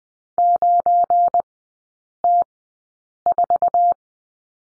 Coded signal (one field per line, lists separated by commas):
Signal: Morse code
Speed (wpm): 20 wpm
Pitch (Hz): 700 Hz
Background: none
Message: 9T4